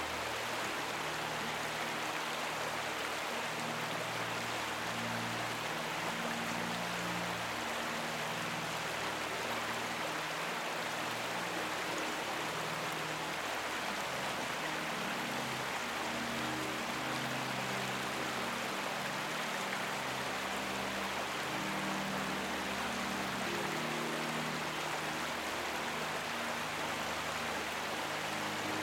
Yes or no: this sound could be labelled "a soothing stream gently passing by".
yes